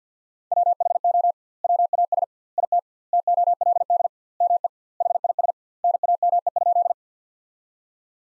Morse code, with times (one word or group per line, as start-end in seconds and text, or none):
0.5-1.3 WHO
1.6-2.2 WAS
2.6-2.8 IT
3.1-4.1 TOLD
4.4-4.7 ME
5.0-5.5 HIS
5.8-6.9 NAME?